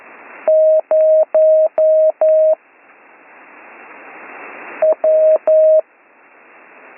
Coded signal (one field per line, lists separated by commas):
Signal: Morse code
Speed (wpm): 11 wpm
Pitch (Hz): 630 Hz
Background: none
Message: 0 W